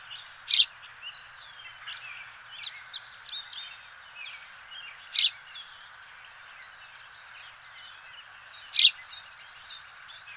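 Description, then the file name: House sparrow calling with three sharp, emphatic chirps spread several seconds apart, while quieter twittering and chattering notes continue underneath. "Passer domesticus"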